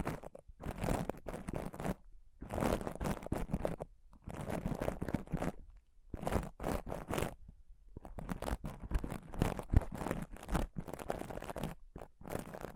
Intense Mic Scratching & Touching Close-Up Mic Sounds